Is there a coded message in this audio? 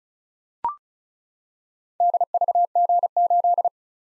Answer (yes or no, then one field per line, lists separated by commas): yes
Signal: Morse code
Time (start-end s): 2.0-3.7 s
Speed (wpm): 36 wpm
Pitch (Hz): 700 Hz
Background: none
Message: DVG8